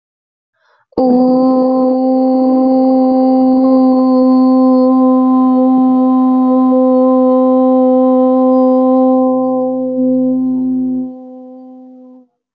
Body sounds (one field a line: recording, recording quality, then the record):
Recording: sustained vowel as in boot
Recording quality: excellent, no background noise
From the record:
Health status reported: healthy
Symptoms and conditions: none ticked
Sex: female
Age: 22 years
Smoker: not ticked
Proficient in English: yes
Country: India